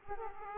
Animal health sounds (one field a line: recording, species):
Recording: mosquito wingbeat signal from an infrared sensor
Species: Aedes aegypti